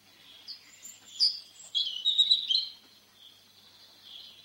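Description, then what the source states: European Robin song, scattered high thin notes then a brief tumbling warbled phrase, fading into quiet high twitters. Sings from the top of a small spruce, sun lighting its rusty-red breast; its touching song continues long into the evening as the forest quickly falls silent.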